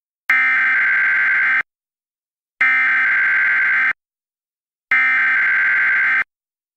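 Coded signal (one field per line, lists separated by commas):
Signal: Emergency Alert System (SAME) tones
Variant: header bursts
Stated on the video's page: Mock emergency alert scenario tones about food poisoning, fictional, loosely based on a true story.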